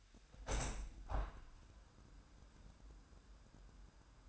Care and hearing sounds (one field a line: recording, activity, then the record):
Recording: daily activity, microphone in the room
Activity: open window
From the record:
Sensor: 2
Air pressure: 998.4 hPa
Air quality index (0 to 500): 146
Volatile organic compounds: 4 ppm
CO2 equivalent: 1658 ppm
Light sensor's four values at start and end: 8/20/8/9 and 9/21/9/10